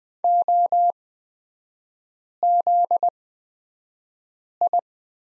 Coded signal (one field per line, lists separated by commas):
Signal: Morse code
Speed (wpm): 20 wpm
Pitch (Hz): 700 Hz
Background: none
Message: OZI